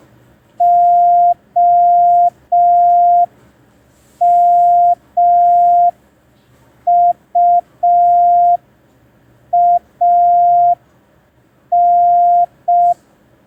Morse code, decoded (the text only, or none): OMUAN